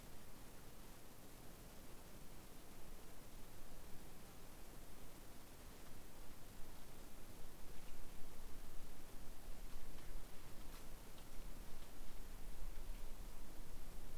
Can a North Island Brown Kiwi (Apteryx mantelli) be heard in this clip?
no